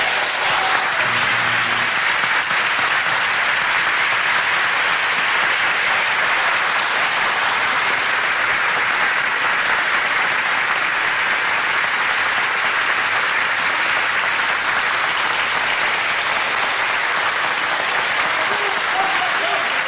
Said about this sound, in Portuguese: A esse Jesus, as nossas palmas.